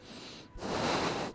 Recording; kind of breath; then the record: one breath in and out by a microphone near the nose and mouth; deep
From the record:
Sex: male